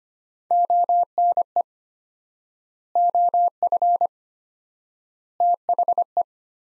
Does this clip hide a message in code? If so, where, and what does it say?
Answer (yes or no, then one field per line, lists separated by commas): yes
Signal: Morse code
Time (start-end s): 0.5-6.2 s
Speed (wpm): 25 wpm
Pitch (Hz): 700 Hz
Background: none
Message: ONE OF THE